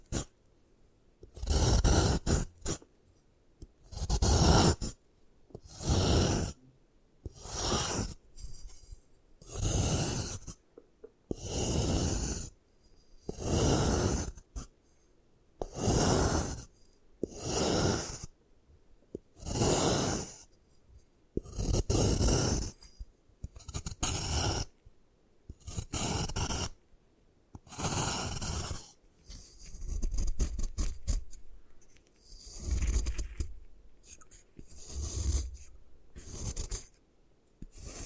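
Gym chalk is crushed and scraped in a steady rhythm, one gritty, hissing stroke roughly every two seconds for the whole clip. Each stroke rises and fades quickly, bright and crumbly, with short silences between and a few softer, muffled strokes near the end.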